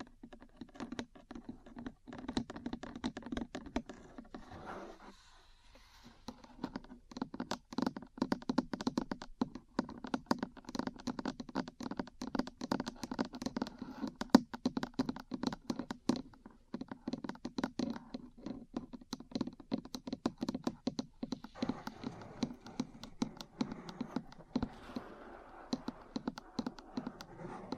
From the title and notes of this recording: ASMR 3Dio Metal Parts Tapping & Scratching for Sleep and Relaxation (No Talking).